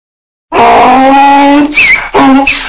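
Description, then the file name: Donkey braying: a long, loud, rough low tone breaks into a high wheezing squeal, then a second low honk and another high squeal in a see-sawing rhythm. "jumento"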